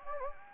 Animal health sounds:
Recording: mosquito wingbeat signal from an infrared sensor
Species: Anopheles gambiae

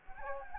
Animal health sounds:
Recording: mosquito wingbeat signal from an infrared sensor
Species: Anopheles gambiae

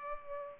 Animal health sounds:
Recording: mosquito wingbeat signal from an infrared sensor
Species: Culex pipiens

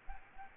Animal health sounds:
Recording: mosquito wingbeat signal from an infrared sensor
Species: Aedes aegypti

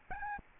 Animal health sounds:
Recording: mosquito wingbeat signal from an infrared sensor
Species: Aedes albopictus

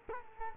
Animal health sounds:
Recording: mosquito wingbeat signal from an infrared sensor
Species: Culex quinquefasciatus

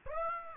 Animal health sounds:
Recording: mosquito wingbeat signal from an infrared sensor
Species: Aedes aegypti

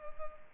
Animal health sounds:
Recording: mosquito wingbeat signal from an infrared sensor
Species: Culex pipiens

